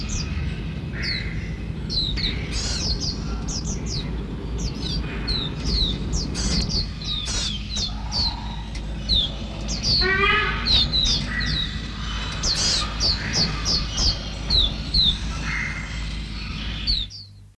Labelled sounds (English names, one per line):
Oriental White-eye call